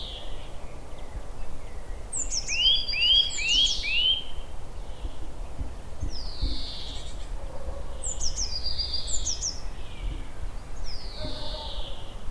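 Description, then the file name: Eurasian nuthatch: a quick run of rising whistled notes, then several loud downslurred calls, over a steady background hiss. "Sitta europaea"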